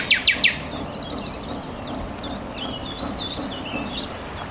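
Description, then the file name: Common nightingale song: three loud sharp clicks, then a rapid rattling phrase of high, repeated notes, with low rumbling noise underneath. "Luscinia megarhynchos"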